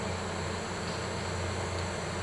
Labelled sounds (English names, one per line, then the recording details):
none
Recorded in pastures near Puerto Asís, Putumayo, Colombia, on 9 March 2025 at 13:00
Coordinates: 0.466, -76.322
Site CSA-02